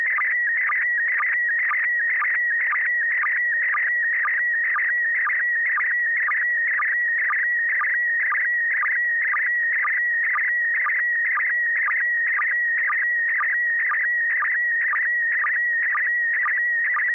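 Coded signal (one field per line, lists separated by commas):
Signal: SSTV (slow-scan television)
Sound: warbling, chirping tone around 2 kHz with steady rhythmic ticks, continuous throughout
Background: radio static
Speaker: Good evening, Joel. Welcome. You're number 3. Carol standing by to send a picture.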